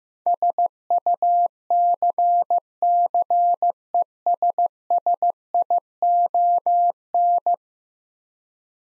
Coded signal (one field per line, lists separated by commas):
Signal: Morse code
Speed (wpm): 16 wpm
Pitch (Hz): 700 Hz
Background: none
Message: SUCCESSION